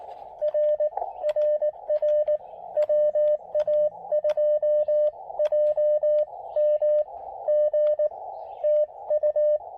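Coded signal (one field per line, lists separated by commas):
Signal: Morse code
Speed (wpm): 18 wpm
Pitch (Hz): 590 Hz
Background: radio noise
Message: R RR WA2JMG TU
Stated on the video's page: Spring 2022 park activation with an Elecraft KX2 and a Chameleon MPAS Lite antenna at New River State Park.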